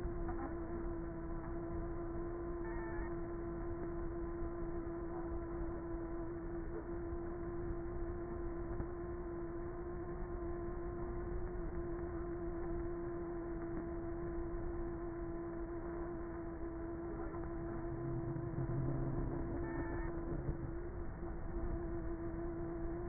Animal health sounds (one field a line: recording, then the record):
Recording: honeybee colony, microphone inside the hive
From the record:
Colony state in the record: queenless with a low population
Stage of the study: before two queens were removed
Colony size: about 30,000 bees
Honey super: no